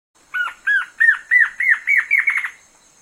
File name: Canto da choca de crista preta